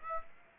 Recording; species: mosquito wingbeat signal from an infrared sensor; Aedes aegypti